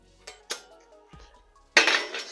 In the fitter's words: push them down until they click so